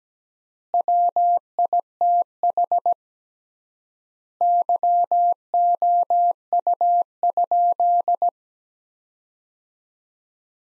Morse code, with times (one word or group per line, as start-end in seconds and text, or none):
0.7-2.9 WITH
4.4-8.3 YOU?